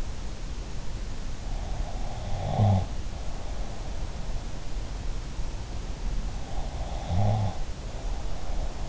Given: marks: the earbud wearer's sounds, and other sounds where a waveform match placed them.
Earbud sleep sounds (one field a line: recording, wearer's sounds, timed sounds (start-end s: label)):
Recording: sounds in sleep by an in-ear microphone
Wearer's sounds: snoring breath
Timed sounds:
1.89-3.88 s: snoring breath
6.77-8.88 s: snoring breath